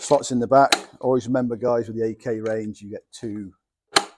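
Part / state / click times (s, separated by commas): battery pack into cordless leaf blower battery slot / seated / 4.0 s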